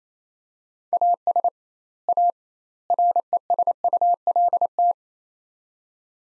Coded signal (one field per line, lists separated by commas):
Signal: Morse code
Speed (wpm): 28 wpm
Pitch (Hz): 700 Hz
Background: none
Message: AS A RESULT